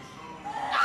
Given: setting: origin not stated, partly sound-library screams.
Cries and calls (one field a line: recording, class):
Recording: one-second piece from a danger detection set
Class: woman in danger